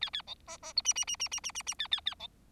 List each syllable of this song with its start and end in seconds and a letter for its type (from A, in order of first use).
0.01-0.10 A, 0.13-0.22 A, 0.27-0.35 B, 0.47-0.57 C, 0.62-0.73 C, 0.76-0.82 D, 0.84-0.93 E, 0.95-1.05 E, 1.07-1.16 E, 1.19-1.28 E, 1.31-1.40 E, 1.43-1.52 E, 1.55-1.62 E, 1.66-1.74 E, 1.79-1.88 A, 1.91-2.00 A, 2.06-2.15 A, 2.19-2.27 B